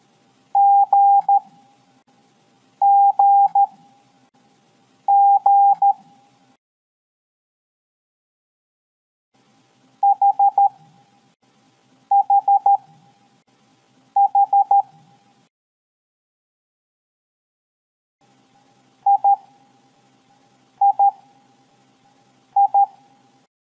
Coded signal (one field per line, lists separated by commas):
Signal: Morse code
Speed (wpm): 13 wpm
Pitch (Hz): 800 Hz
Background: none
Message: GGG HHH III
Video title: 2. NEVER FORGET AGAIN! Morse Code Alphabet Exercise (with Sound and mnemonics)